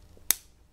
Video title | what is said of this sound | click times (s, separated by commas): Trico Force High Performance Beam Blade Wipers Install-Replace On Kia Sorento 2014 | and press it in until it clicks just like that, and then make sure that it moves nicely. | 0.3 s